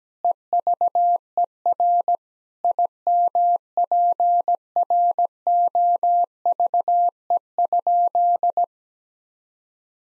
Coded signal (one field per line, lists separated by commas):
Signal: Morse code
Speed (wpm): 17 wpm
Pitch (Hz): 700 Hz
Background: none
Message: EVER IMPROVE?